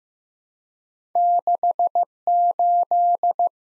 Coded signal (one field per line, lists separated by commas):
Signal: Morse code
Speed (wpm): 15 wpm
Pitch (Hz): 700 Hz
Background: none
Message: 68